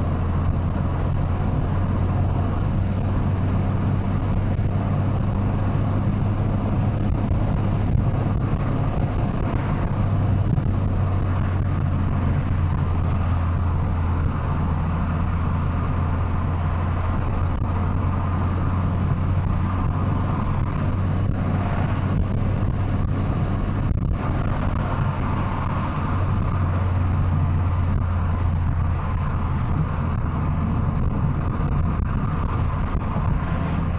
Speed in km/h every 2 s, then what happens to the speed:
103, 87, 80, 92, 97, 103, 97, 97, 101, 105, 108, 110, 107, 102, 96, 95, 94.
0-3 brakes to 80. 3-9 speeds up to 103. 9-14 steady at about 97. 14-21 speeds up to 110. 21-28 slows to 96. 28-34 steady at about 95.